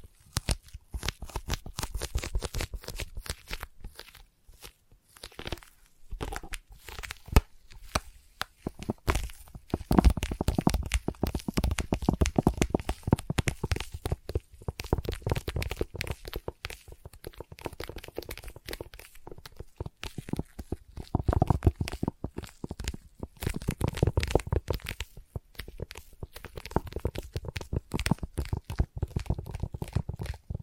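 Sticky tapping and sticky triggers: a dense, continuous run of quick tacky clicks and peeling crackles that barely lets up for the full half minute. The sound stays fairly low and soft, with brief busier bursts near 10 and 21 seconds.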